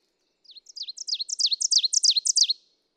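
Ovenbird singing a rapid chain of emphatic slurred double notes that grows in volume from start to finish, then stops short; otherwise quiet.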